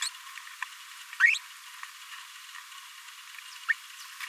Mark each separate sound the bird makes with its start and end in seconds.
1.20-1.38, 3.68-3.73